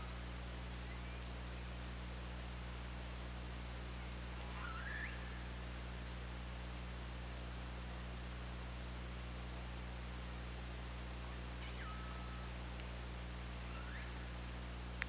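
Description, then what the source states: Killer whale calls: a few brief tonal whistles and sweeping, harmonic calls spaced seconds apart, set against steady underwater hiss and a low constant hum. Recorded on an OrcaLab hydrophone, 24 August 2017.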